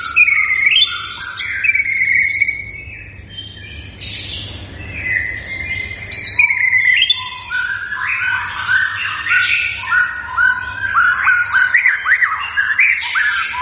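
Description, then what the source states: White-rumped shama, varied whistled song, a brief quieter gap midway, then dense chattering phrases. Continuously singing (gacor) bird, used as a lure to draw a response from other shamas; local name murai batu.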